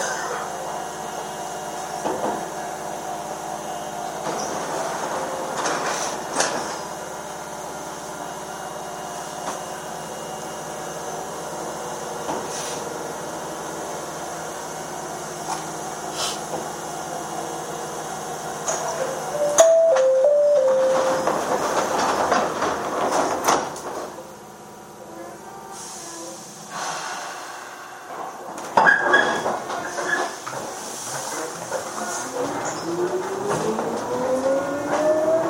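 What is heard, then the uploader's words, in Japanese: A Chichibu Railway 7500 series train runs between Hanyu and Kumagaya, with a steady rumble and hum for the first twenty seconds. A short chime then sounds, the noise shifts and briefly quiets, and a rising motor whine climbs from about thirty seconds. 秩父鉄道7500系 羽生ー熊谷。秩父鉄道本線 羽生→熊谷の区間で録音。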